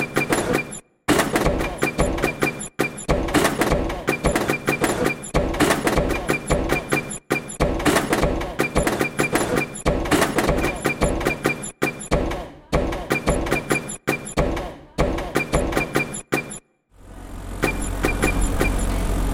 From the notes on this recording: A rhythmic piece using the sounds of gates and doors